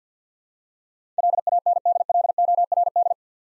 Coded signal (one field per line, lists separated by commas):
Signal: Morse code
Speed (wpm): 46 wpm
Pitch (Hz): 700 Hz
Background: none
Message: LANDLORD